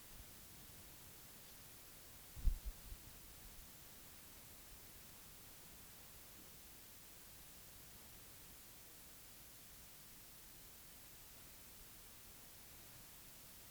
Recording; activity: daily activity, guitar pickup as the sensor; sit